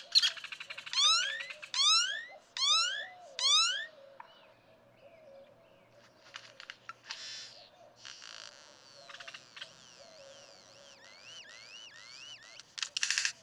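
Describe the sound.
Great-tailed grackle song: four loud rising slurred notes in quick succession, then dry rattles, noisy bursts and thin upward-sweeping whistles.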